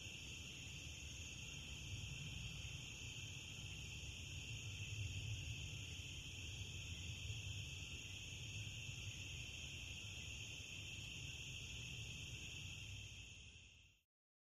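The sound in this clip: Cricket keeps up a continuous shrill trill without pauses over a low rumbling background, cutting off abruptly at the end.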